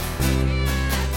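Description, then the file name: Cat growling yowl, deep and continuous, holding one low pitch. During a cat fight. "cat fight"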